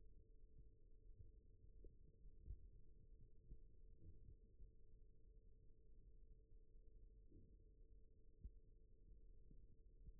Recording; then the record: forearm muscle sounds (acoustic myography)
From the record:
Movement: rest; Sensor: system 1, eight BSWA MPA416 microphones around the upper forearm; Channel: 2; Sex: male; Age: 41 years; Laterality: right